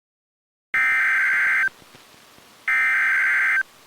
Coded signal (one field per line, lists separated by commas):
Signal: Emergency Alert System (SAME) tones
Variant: header bursts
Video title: EAS Scenario : Tornado Warning